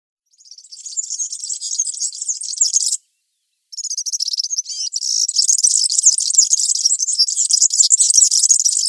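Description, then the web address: European serin song, a long sizzling jingle of very high, fast notes, briefly broken after three seconds, then running on more loudly to the end. "Schulze Peter European Serin song"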